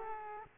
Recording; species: mosquito wingbeat signal from an infrared sensor; Aedes aegypti